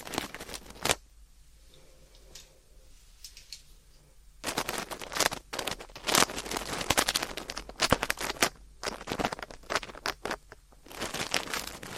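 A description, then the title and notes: Ear cleaning with dense, scratchy rustling and crackling in quick, irregular bursts. A sharp crackle comes near the first second, then a quieter stretch with faint low humming until about four seconds, after which the scraping and crinkling return almost continuously to the end. ASMR 자극주의 따끔따끔 3dio 귀청소 | ear cleaning.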